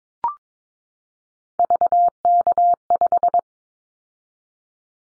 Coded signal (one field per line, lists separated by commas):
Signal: Morse code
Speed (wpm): 22 wpm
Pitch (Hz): 700 Hz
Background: none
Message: VK5